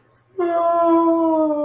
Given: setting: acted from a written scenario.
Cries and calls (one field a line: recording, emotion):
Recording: vocal sound without words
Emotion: ecstasy